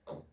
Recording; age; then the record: pig call; piglet (1 to 25 days)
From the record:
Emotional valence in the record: negative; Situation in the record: restrain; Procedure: back test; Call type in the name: low-frequency call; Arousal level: medium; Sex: female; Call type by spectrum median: low-frequency call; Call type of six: low-frequency stable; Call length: 0.33 s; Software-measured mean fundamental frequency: 50 Hz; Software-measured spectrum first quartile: 319 Hz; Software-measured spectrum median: 543 Hz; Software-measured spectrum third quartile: 880 Hz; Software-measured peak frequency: 577 Hz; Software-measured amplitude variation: 196 dB a second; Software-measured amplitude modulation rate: 15.0 a second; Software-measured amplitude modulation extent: 13.1 dB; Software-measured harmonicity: 0.4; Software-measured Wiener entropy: -0.27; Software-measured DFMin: 1233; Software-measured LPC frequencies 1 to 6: 544, 3581, 4295, 6973, 8400, 9431 Hz